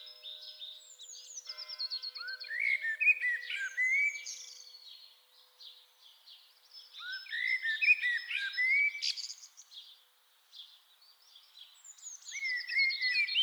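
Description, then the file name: Common blackbird song: warbled phrases ending in higher squeaky twitters, repeated with short pauses between them. "Turdus merula"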